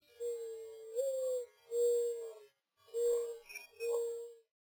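Mourning dove cooing: low, soft, hooting coos, the second slightly rising, then three more even coos, with a brief higher chirp between the last notes.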